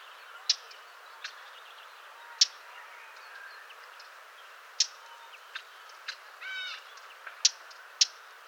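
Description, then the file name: Eurasian blackcap giving sharp, dry clicking tack calls at irregular intervals. "Sylvia atricapilla"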